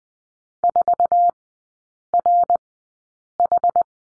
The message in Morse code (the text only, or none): 4RH